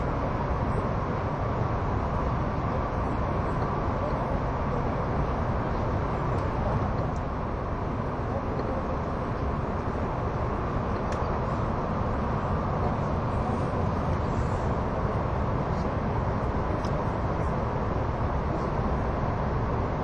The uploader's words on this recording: SBB線 ETR610形 EC311レ 01/01:Zurich HB～Chiasso. In Switzerland, the ETR610 type Eurocity (EC), which is the main tilting vehicle, and the train on the Gotthard Tobasis Tunnel route, which can demonstrate both high speed performance and curve passing performance, are recorded.